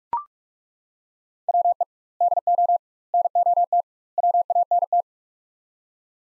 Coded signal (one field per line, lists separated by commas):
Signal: Morse code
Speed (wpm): 42 wpm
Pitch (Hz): 700 Hz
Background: none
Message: WE DO NOT WANT